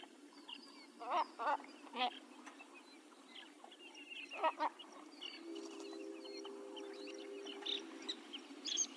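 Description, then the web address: White-faced ibis giving nasal grunting calls in a few separate bursts, with faint high chirps of other birds, a steady hum and background noise. "Large Wading Birds AZFO WFIB deviche"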